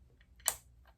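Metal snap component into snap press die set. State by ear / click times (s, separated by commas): seated / 0.5 s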